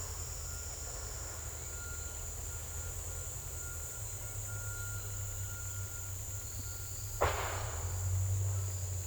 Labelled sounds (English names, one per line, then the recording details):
none
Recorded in secondary vegetation near Puerto Asís, Putumayo, Colombia, on 21 December 2024 at 17:00
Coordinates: 0.468, -76.324
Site G095